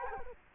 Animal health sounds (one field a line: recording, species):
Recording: mosquito wingbeat signal from an infrared sensor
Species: Culex quinquefasciatus